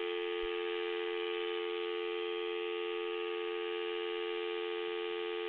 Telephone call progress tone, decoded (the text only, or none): dial tone